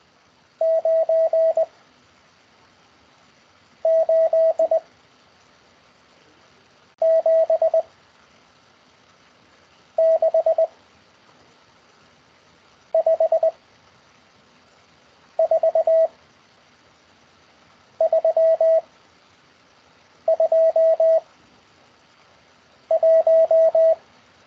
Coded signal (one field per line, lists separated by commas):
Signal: Morse code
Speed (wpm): 20 wpm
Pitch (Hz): 650 Hz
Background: none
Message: 9 8 7 6 5 4 3 2 1